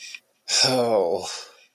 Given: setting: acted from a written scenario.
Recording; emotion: vocal sound without words; shame